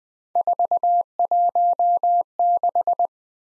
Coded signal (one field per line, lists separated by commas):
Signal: Morse code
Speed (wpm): 19 wpm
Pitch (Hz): 700 Hz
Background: none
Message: 416